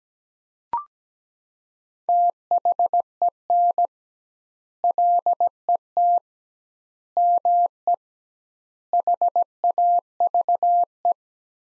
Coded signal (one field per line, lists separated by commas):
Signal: Morse code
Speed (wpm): 17 wpm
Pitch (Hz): 700 Hz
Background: none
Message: THEN LET ME HAVE